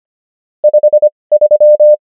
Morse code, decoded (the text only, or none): 53